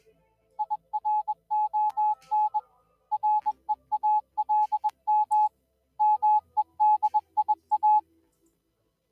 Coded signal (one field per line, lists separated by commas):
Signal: Morse code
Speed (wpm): 21 wpm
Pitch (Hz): 850 Hz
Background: music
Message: IRON REALM MEDIA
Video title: Have No Sphere: Sprinting Towards Some Phreaky Bio-Geological Phindings